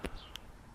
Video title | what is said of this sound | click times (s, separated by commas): How to Night Latch A Foot-Hold Trap - Survival Trapping Hunting Outdoors | that distinctive click that I was talking about | 0.1 s, 0.4 s